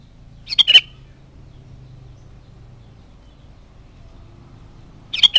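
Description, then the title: Sooty-headed bulbul singing a short bubbly phrase, a long pause, then the same phrase again at the end. "Kutilang"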